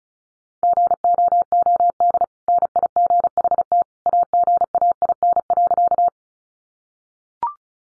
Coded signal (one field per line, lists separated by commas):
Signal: Morse code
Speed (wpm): 34 wpm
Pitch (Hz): 700 Hz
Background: none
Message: GOOD NIGHT AGAIN.